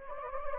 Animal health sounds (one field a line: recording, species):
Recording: mosquito wingbeat signal from an infrared sensor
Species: Anopheles gambiae